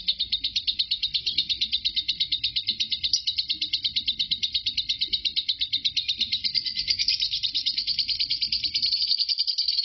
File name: suara burung lovebird Marco durasi ngekek 5 menit 25 detik